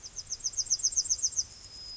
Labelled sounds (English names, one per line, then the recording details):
Yellowhammer song
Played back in grassland
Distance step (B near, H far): D
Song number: 013